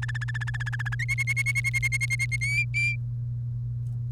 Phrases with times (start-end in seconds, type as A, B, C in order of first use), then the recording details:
0.02-0.95 A, 0.99-2.36 B, 2.41-2.96 C. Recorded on 1 May 2018 at 05:44. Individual llb3